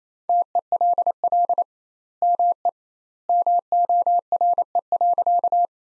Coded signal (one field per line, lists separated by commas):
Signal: Morse code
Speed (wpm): 28 wpm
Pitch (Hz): 700 Hz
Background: none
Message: TELL ME MORE.